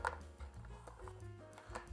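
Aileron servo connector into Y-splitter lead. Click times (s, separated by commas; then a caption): 0.1 s. A plastic aileron servo lead connector on the foam wing of a Freewing A-10 Thunderbolt II 64mm V2 EDF jet, after not seating at first, is pushed into the Y-splitter lead and clicks home at 0.1 s. Fainter ticks follow over steady background music, and the connector ends up seated.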